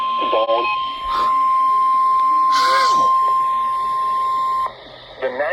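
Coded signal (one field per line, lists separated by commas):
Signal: Emergency Alert System (SAME) tones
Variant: 1050 Hz attention tone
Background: speech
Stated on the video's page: Tornado Warning received from NOAA weather radio station WXJ53.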